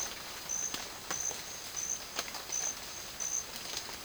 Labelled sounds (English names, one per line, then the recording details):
none
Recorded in secondary vegetation near Puerto Asís, Putumayo, Colombia, on 30 June 2025 at 12:30
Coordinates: 0.499, -76.323
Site G077